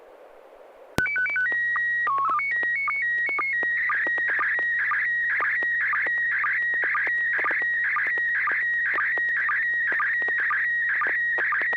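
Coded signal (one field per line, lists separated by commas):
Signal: SSTV (slow-scan television)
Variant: PD 120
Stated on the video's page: Weekly SSTV net on an FM repeater, 441.300 MHz, Wednesday evenings; pictures sent with MMSSTV software.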